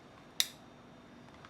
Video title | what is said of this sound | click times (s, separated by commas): Rear Wiper Fronx 2023 - Fronx Modified 2023 - Fronx Modification Base To Top✅ Fronx Accessories | अरे lock हो गया तो कैसे बाहर आ सकती है? | 0.4 s